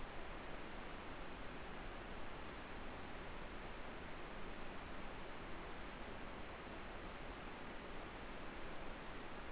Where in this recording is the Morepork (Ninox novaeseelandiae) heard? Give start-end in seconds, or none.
none